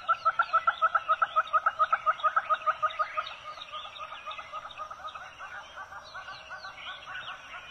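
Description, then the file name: Monteiro's hornbill giving rapid clucking notes, loud and regular at first, then softer and more jumbled. "Canto do calaus de monteiros"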